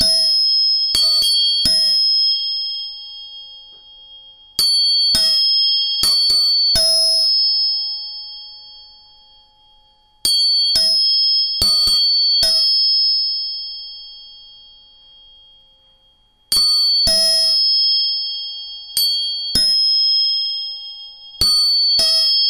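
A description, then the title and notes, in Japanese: Tuning forks are struck in quick clusters every few seconds, each tap leaving bright, pure ringing tones that slowly fade into silence. 音叉チューニング3本。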